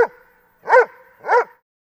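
Dobermann giving two full barks about half a second apart, after the tail of an earlier one, with silence after.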